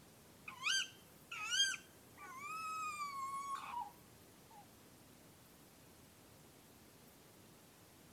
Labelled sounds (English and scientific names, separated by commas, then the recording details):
Tawny Owl (Strix aluco)
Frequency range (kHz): Tawny Owl (Strix aluco) 0.7-14.1 kHz
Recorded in France